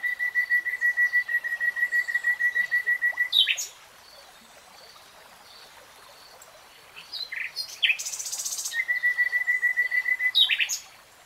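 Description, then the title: Nightingale song: a long series of rapid, even repeated notes, a sharp flourish, a gap, then varied buzzy notes and another rapid repeated series. Nightingale singing in real time. "[Tiếng chim hót] REALTIME Nightingale Singing"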